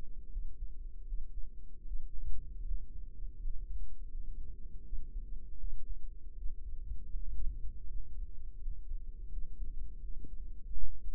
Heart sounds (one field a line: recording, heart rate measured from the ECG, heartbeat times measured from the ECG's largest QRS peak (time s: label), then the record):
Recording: heart sounds by microphone in the right ear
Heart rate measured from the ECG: 80 bpm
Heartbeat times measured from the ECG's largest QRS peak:
0.28 s: heartbeat
1.04 s: heartbeat
1.83 s: heartbeat
2.62 s: heartbeat
3.37 s: heartbeat
4.07 s: heartbeat
4.81 s: heartbeat
5.56 s: heartbeat
6.33 s: heartbeat
7.11 s: heartbeat
7.86 s: heartbeat
8.57 s: heartbeat
9.28 s: heartbeat
9.99 s: heartbeat
10.72 s: heartbeat
From the record:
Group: healthy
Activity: rest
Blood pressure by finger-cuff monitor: 103/55 mmHg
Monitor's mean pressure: 71 mmHg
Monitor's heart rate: 80 bpm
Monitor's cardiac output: 7 L/min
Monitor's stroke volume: 87 mL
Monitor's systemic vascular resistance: 700 dyn s/cm5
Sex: female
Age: 26 years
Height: 165 cm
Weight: 55 kg